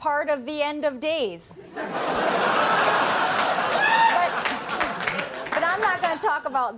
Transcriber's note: soundbite of laughter